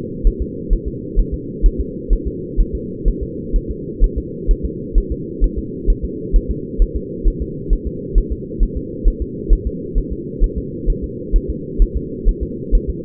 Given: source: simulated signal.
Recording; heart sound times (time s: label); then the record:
fetal heart sounds
0.27 s: S1
0.42 s: S2
0.73 s: S1
0.88 s: S2
1.19 s: S1
1.34 s: S2
1.66 s: S1
1.80 s: S2
2.13 s: S1
2.27 s: S2
2.60 s: S1
2.75 s: S2
3.08 s: S1
3.23 s: S2
3.56 s: S1
3.70 s: S2
4.04 s: S1
4.18 s: S2
4.51 s: S1
4.65 s: S2
4.98 s: S1
5.12 s: S2
5.44 s: S1
5.58 s: S2
5.90 s: S1
6.05 s: S2
6.36 s: S1
6.50 s: S2
6.82 s: S1
6.96 s: S2
7.27 s: S1
7.42 s: S2
7.73 s: S1
7.87 s: S2
8.18 s: S1
8.32 s: S2
8.63 s: S1
8.77 s: S2
9.08 s: S1
9.22 s: S2
9.53 s: S1
9.67 s: S2
9.98 s: S1
10.12 s: S2
10.44 s: S1
10.58 s: S2
10.90 s: S1
11.04 s: S2
11.36 s: S1
11.50 s: S2
11.82 s: S1
11.96 s: S2
12.28 s: S1
12.43 s: S2
12.75 s: S1
12.90 s: S2
From the record:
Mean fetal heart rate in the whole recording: 130 bpm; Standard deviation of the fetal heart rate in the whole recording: 2 bpm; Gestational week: 38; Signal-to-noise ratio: -4.1 dB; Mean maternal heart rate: no maternal heart sound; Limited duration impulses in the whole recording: absent